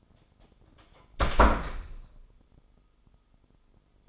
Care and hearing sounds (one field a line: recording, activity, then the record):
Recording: daily activity, microphone in the room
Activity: close door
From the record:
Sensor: 5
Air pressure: 996.3 hPa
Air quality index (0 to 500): 35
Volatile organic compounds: 1 ppm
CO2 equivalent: 592 ppm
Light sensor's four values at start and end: 43/100/42/44 and 43/101/42/44